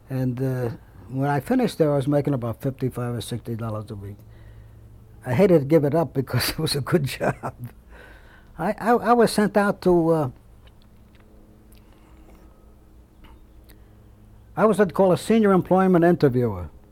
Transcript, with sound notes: And, uh, when I finished there I was making about fifty-five or sixty dollars a week. I hated to give it up, because it was a good job. (He laughs.) I was sent out to, uh, I was what you'd call a senior employment interviewer.